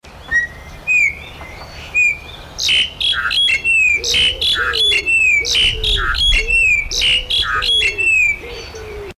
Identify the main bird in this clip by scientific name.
Gracupica nigricollis